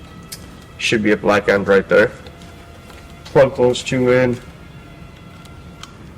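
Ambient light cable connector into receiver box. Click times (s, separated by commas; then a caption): 5.8 s. The black end of an ambient light cable for a Tesla Model X is plugged into the receiver box while someone talks. A short, sharp click at 5.8 seconds marks the connector seating in the receiver box.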